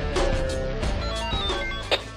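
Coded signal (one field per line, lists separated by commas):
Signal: none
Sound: music intro beeps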